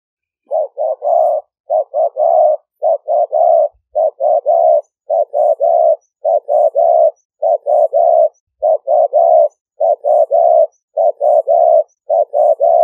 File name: tieng cu gay